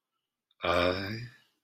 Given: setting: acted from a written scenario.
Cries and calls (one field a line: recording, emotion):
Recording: vocal sound without words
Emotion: romantic love